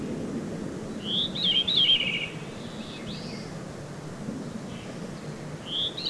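Veery song, a reedy spiralling phrase sliding downward, then a short upslurred note and the start of another phrase near the end; steady low hiss beneath.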